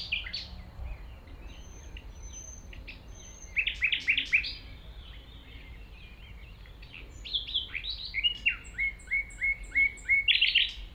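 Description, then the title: Common nightingale song of clicking and chirping phrases, a pause, then a rhythmic run of repeated notes ending in a harsh burst, over faint background rumble. Singing in tall grass at Chindrieux, France, approached on foot by the recordist; it is deaf to outside noise while singing. "195 Rue de Vars, 73310 Chindrieux, France - approche d'un rossignol"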